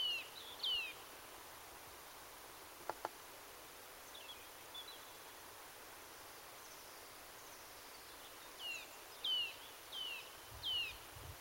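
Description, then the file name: Eurasian nuthatch giving sharp, high, downslurred call notes, two near the start, then a group of four less than a second apart near the end, over a steady faint hiss. "Sitta europaea"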